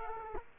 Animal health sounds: mosquito wingbeat signal from an infrared sensor; Culex quinquefasciatus

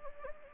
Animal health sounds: mosquito wingbeat signal from an infrared sensor; Anopheles gambiae

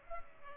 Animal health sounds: mosquito wingbeat signal from an infrared sensor; Culex pipiens

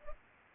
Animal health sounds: mosquito wingbeat signal from an infrared sensor; Culex pipiens

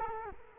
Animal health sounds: mosquito wingbeat signal from an infrared sensor; Culex quinquefasciatus

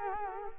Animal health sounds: mosquito wingbeat signal from an infrared sensor; Culex quinquefasciatus

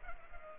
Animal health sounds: mosquito wingbeat signal from an infrared sensor; Culex pipiens

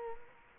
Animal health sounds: mosquito wingbeat signal from an infrared sensor; Culex quinquefasciatus

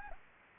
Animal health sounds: mosquito wingbeat signal from an infrared sensor; Anopheles gambiae

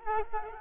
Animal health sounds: mosquito wingbeat signal from an infrared sensor; Culex quinquefasciatus

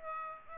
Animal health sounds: mosquito wingbeat signal from an infrared sensor; Aedes aegypti

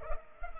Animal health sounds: mosquito wingbeat signal from an infrared sensor; Culex pipiens

